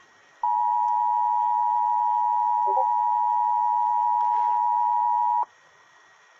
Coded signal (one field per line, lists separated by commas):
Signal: Emergency Alert System (SAME) tones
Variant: 853 and 960 Hz attention tone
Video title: EAS 689 TN CAE